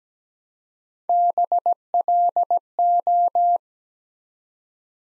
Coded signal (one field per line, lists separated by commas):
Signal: Morse code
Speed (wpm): 17 wpm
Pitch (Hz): 700 Hz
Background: none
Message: BLO